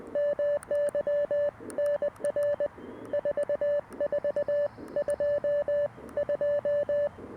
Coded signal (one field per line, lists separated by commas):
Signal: Morse code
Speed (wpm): 20 wpm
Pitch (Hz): 590 Hz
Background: none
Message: MY NR 4422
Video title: My CW Secret Combo? CFT-1 & POTA PERformer 17' Whip